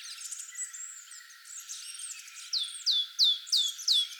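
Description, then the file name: Great tit giving several loud, hooked descending notes near the end, after a quieter stretch of varied notes. "Parus major"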